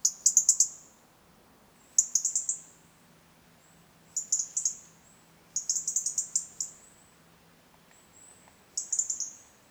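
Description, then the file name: European robin calling in short bursts of rapid, very high ticking notes, each burst lasting up to about a second and repeated every few seconds, with a faint low hum beneath. "Erithacus rubecula"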